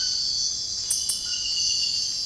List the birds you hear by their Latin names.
none